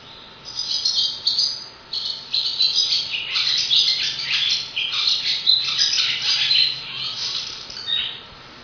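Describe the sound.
Swallow chatter: bursts of rapid, squeaky twitters and short buzzy notes, broken by brief pauses, continuing through to the end.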